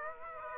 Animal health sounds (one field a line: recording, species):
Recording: mosquito wingbeat signal from an infrared sensor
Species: Aedes aegypti